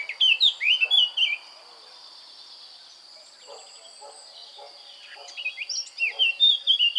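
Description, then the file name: Eurasian blackcap singing a quick burst of fluty, warbling notes at the start and another near the end, with a quiet gap of steady high hiss and faint ticks between. "Sylvia atricapilla"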